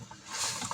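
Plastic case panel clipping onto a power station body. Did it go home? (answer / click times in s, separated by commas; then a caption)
yes / 0.7 s. The back-side plastic case section of a Pecron E1000LPF power station is pulled forward onto the body until its clip catches. A soft rising scrape of plastic builds over the first part of the clip, then a short, sharp snap rings out at 0.7 s. The panel clips in and is seated.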